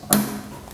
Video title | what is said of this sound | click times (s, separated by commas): How to replace spark plugs on 2017+ GSXR 1000 | then you could push down on that green tab to lock it in place | 0.1 s